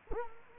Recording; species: mosquito wingbeat signal from an infrared sensor; Culex quinquefasciatus